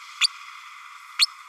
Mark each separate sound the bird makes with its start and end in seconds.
0.20-0.27, 1.19-1.26